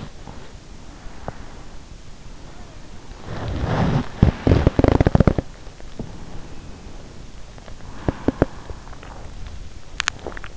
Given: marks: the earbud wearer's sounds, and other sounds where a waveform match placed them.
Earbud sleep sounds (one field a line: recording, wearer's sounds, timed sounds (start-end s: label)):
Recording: sounds in sleep by an in-ear microphone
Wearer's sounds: breath, teeth grinding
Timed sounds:
0.00-1.77 s: breath
3.03-5.83 s: teeth grinding
7.54-9.20 s: teeth grinding
9.43-10.57 s: teeth grinding